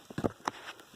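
A seat belt piece on a leather 2011 Suburban third-row seat is pressed in next to the clip on the back of the seat material. After a few soft handling knocks near 0.2 and 0.3 seconds, a sharp click at 0.5 seconds marks the seat belt trim clip locking into place in the seat back trim.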